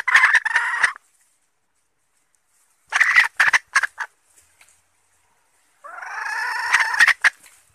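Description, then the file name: Red junglefowl hen giving bursts of short harsh clucks in three separated bouts, the last opening with a long grating note before more clucks. Female (hen) red junglefowl calling to find a mate. "tieng ga rung mai keu tim kiem ban tinh"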